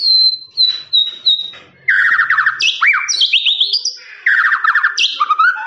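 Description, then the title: Lovebird song opening with a few high clipped whistles, then rapid buzzy trills and squeaky upswept chirps running on continuously. Long "ngekek" trilling song used as master recording for training birds. "FULL DURASI MASTERAN LOVEBIRD NGEKEK PANJANG"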